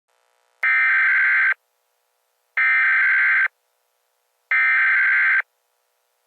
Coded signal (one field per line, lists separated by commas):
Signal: Emergency Alert System (SAME) tones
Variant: header bursts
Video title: EAS Scenario - Hazardous Materials Warning